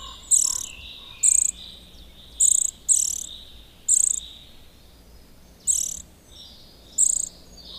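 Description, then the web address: Eurasian nuthatch calls: short, very high, harsh chirps given singly or in quick pairs at irregular intervals over a faint steady background hiss. "agykontroll Madardalok Cd 1. Csuszka"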